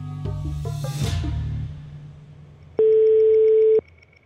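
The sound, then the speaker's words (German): A burst of quick electronic dialing blips and a brief whoosh give way to a steady, loud, single-pitched telephone tone as a call to Prague connects, holding for about a second, then cutting off. “Fragt man in Prag nach den Gründen, Hallo. Wird man telefonisch an Oberst Petre Kocsi vermittelt”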